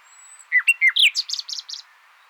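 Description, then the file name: Common nightingale phrase of brief rising and falling whistled notes running into a quick series of high, squeaky chirps. "Luscinia megarhynchos"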